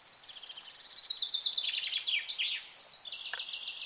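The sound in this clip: Bird chirping in rapid high twittering notes, a dense run of short repeated chirps, with a brief click near the end.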